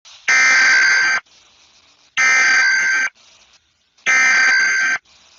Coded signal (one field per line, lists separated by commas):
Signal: Emergency Alert System (SAME) tones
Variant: header bursts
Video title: EAS scenario: Selever.exe